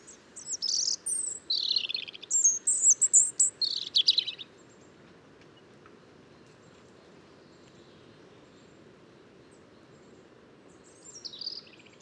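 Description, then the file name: European robin song: a high, wavering phrase of falling whistles and trills, then long quiet and one faint closing note. "Erithacus rubecula"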